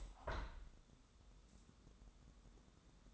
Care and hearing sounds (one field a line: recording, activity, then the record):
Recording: daily activity, microphone in the room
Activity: open window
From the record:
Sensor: 3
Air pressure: 1000.4 hPa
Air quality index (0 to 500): 138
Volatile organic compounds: 2 ppm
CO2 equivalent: 1199 ppm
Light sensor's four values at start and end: 13/36/14/16 and 14/37/15/16